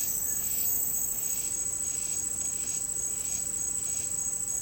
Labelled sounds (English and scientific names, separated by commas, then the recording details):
none
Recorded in secondary vegetation near Puerto Asís, Putumayo, Colombia, on 24 March 2025 at 09:00
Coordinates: 0.502, -76.326
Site G100